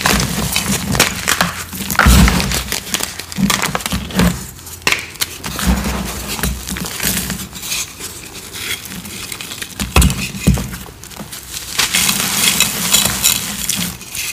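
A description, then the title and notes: Crushing of dyed cornstarch chalk cubes makes dense, irregular crunches and crumbly crackles, with sharper breaks near 2, 5, 10 and 12 seconds. ASMR 4-in-1 Crushing Sounds of Dyed Cubes, Chalk Bombs, Cornstarch Crunchies, Confetti Reforms.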